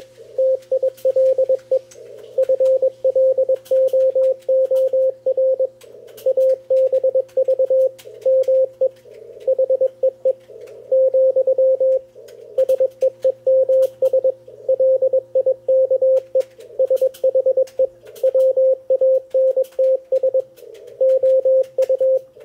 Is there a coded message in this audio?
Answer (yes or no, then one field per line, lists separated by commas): yes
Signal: Morse code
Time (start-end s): 0.4-22.2 s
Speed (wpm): 21 wpm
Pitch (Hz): 530 Hz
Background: radio noise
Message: TILE FLOOR ABV ME HEE, SEEMS LIKE SHE WANTS OU